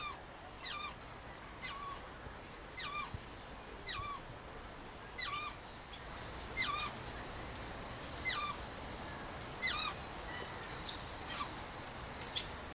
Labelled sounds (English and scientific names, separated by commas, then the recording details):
Eclectus Parrot (Eclectus roratus) call
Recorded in captivity
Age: adult
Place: Tiergarten Wilhelma/Stuttgart, Baden-Württemberg, DE
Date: 2002-10-05 15:55
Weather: heiter, 15°C
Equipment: Nagra SN, Kopie Uher 4000 Report Monitor
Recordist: Tembrock, Günter